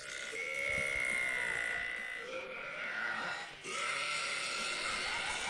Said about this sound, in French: Non, mais elle hurle. Oui, là, c'est là où tout le monde applaudit en disant « Oui, elle a battu le record !» Non mais attends, oui, tu rotes et tu fais « Ah !» en même temps, c'est pas un ro fort, c'est juste que tu hurles en même temps.